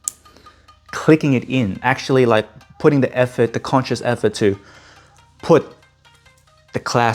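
The folding clasp of a steel watch bracelet on a Grand Seiko Mistflake SBGE285 is deliberately pressed shut and clicks fully home with one sharp, loud click at 0.1 s, because a half-clicked clasp opens by itself. Someone then talks over background music. The clasp is seated.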